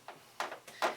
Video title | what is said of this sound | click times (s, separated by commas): Replacing the hood gas struts - 2002 Ford Explorer | and you should hear it snap and clip just right and so basically I've done one side now | 0.4 s, 0.8 s